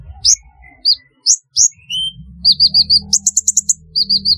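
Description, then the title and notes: Sunbird calling: several sharp upswept chirps, then quick runs of high, evenly spaced notes in rapid series. "Kicau Burung Kolibri"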